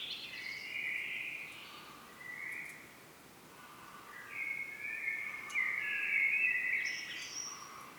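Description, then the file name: Common blackbird song: mellow warbling phrases follow almost without pause, mixing low fluty notes with thin, high squeaky twitters toward the end. "Turdus merula"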